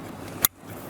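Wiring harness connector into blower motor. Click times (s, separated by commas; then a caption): 0.4 s. A wiring harness connector is pushed back onto the blower motor of a 2019–2026 Lexus UX until it snaps home. One sharp, bright snap sounds at 0.4 s against a low steady background hum, followed by a brief near-silence. The connector is seated.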